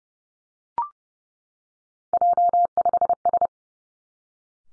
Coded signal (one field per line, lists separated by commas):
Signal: Morse code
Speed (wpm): 30 wpm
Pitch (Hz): 700 Hz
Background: none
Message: J5S